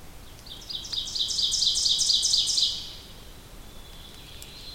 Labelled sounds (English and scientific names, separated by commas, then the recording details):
Ovenbird (Seiurus aurocapilla) song
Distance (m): 15 m
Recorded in boreal forest in Alberta, Canada, on 2 June 2016 at 08:25
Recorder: SongMeter 3, array SBT-3-7
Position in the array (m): 25 m, 134 m
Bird 4